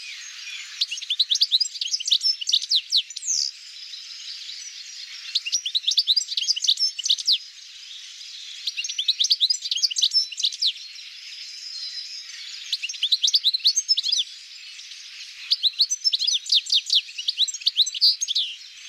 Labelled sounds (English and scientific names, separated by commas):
European Goldfinch (Carduelis carduelis) song